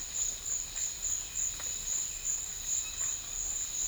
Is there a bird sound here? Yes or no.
no